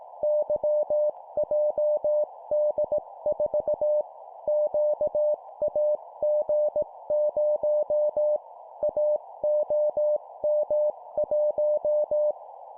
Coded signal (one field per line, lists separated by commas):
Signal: Morse code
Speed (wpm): 18 wpm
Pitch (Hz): 600 Hz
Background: none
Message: YJD4 QAG0 AOM1